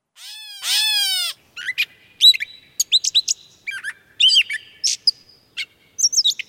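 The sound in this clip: Gray Catbird giving a long cat-like mew, then a jumbled run of short squeaky, chattering and whistled notes in quick, irregular succession.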